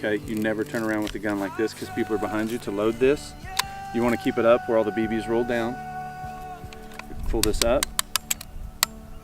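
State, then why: Seated. Someone talks while loading a BB gun, then pulls its cocking lever up until it catches. Sharp clicks ring out at 8.2 s and 8.8 s as the lever clicks into place and seats.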